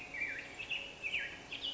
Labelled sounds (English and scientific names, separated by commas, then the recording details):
Black-headed Grosbeak (Pheucticus melanocephalus)
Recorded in Sonoma County, California